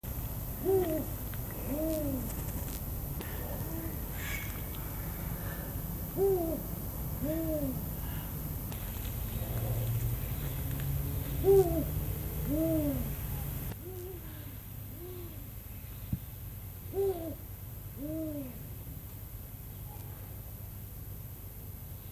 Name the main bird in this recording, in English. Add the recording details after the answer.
Spotted Eagle-Owl. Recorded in captivity. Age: adult. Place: Tierpark Berlin, Berlin, DE. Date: 2008-08-31 18:40. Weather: sonnig, ca. 23°C. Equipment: Sony WM-D6C, Sennheiser ME 80, Kopie Uher 4000 Report Monitor. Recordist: Tembrock, Günter. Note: Rufe